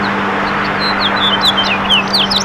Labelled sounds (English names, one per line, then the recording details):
House Finch song
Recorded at East Hampton on Long Island, New York, on 15 June 2013
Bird A